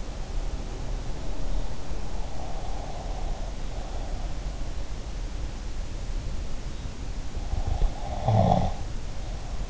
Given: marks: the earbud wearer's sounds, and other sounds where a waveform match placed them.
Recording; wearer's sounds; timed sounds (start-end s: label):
sounds in sleep by an in-ear microphone; breath, snoring breath
2.39-4.41 s: breath
7.55-9.70 s: snoring breath